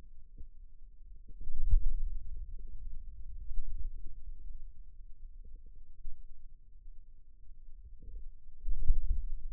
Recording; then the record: forearm muscle sounds (acoustic myography)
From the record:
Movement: pen grasping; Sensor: system 2, bracelet of six BSWA MPA416 microphones around the upper forearm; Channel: 2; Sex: male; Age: 22 years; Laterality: right